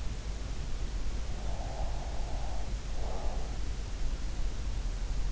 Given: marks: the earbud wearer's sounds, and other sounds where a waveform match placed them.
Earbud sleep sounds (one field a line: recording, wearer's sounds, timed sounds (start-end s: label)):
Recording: sounds in sleep by an in-ear microphone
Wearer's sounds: breath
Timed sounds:
1.40-3.68 s: breath